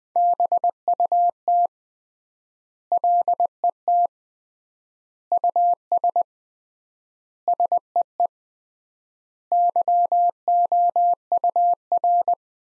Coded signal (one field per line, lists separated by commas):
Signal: Morse code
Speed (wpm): 20 wpm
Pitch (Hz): 700 Hz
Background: none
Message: BUT LET US SEE YOUR